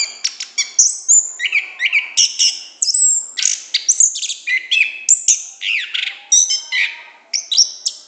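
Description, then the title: Orange-headed thrush singing a busy, jumbled run of clear whistled notes, slurs and scratchy trills, delivered continuously and loudly with short breaks between phrases. Described in Indonesian bird-keeping terms as singing continuously (gacor) with a loud, open voice (ngeplong). "Anis Kembang Gacor Ngeplong Istimewa Suara Burung"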